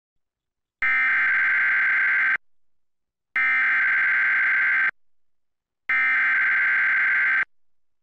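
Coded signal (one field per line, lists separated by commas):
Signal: Emergency Alert System (SAME) tones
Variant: header bursts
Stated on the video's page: Severe thunderstorm warning EAS alert recorded from a digital TV subchannel.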